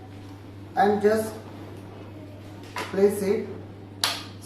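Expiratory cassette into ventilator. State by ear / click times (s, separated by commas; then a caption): seated / 4.0 s. An expiratory cassette is angled at about 45 degrees onto the rod of a Maquet SERVO-i ventilator and pressed in while someone talks over a steady low hum. A sharp click sounds at 4.0 s as the cassette seats, leaving it properly fixed in place.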